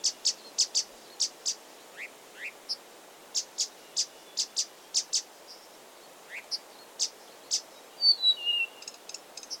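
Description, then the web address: Blyth's reed warbler song of sharp, high clicking notes in quick series, with occasional rising whistles and a short descending trill near the end. Recorded 16 June 2022. "fagelljud 20220616 busksangare"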